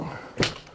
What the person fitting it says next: Voilà, ça fait clic. Ça bouge plus.